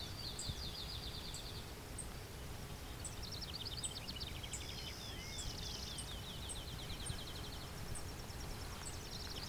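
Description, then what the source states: Clay-colored Sparrow song, dry buzzy notes repeated in short trains, with overlapping buzzy trains and brief high chips, over a steady low rumble. Singing bird about 20 feet in front of the recordist in open thicket of field and shrubs near Westover, Ontario, late June; low-pitched song hard to hear even up close.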